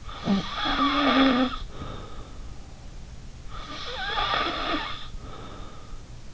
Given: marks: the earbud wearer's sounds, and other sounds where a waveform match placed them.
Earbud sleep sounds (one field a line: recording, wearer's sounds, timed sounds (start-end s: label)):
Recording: sounds in sleep by an in-ear microphone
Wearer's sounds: snoring breath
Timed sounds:
0.00-2.45 s: snoring breath
3.50-6.14 s: snoring breath